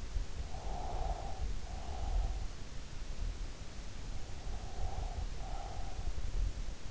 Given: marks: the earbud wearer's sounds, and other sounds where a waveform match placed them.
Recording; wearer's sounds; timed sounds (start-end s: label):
sounds in sleep by an in-ear microphone; breath
0.27-2.73 s: breath
4.41-6.22 s: breath